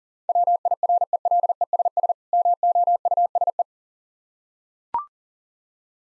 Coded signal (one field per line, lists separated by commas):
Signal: Morse code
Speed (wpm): 37 wpm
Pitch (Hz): 700 Hz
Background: none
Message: WIRELESS MOUSE